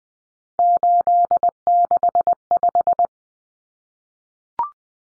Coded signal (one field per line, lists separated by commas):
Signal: Morse code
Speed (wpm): 20 wpm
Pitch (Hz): 700 Hz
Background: none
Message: 865